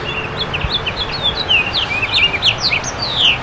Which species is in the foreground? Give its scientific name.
Haemorhous mexicanus